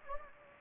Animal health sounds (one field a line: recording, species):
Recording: mosquito wingbeat signal from an infrared sensor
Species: Anopheles gambiae